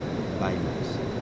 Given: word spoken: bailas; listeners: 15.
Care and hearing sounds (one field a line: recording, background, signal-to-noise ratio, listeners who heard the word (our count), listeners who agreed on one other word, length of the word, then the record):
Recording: one Spanish word in noise, from a listening test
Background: speech-shaped noise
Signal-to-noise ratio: -4.4 dB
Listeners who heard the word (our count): 2 of 15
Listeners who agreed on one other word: 7 of 15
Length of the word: 0.81 s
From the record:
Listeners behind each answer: 7, 4, 2, 1, 1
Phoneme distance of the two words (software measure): 10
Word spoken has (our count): 2 syllables, 6 phonemes, stress on syllable 1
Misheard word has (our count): 2 syllables, 6 phonemes, stress on syllable 1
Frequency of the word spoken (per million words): 0.33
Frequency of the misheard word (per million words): 9.04